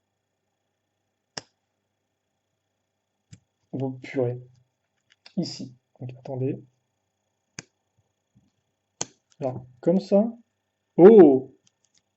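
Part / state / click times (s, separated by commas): plastic toy brick part onto a brick dragon model / seated / 9.0 s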